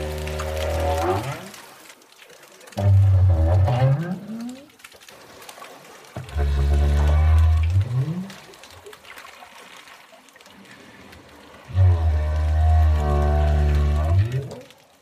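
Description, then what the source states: Southern right whale calls: four long low moans with many stacked harmonics, some sliding upward, separated by gaps. Recorded at the Auckland Islands, New Zealand, a southern right whale hotspot; these calls are produced by both males and females; their meaning is not known.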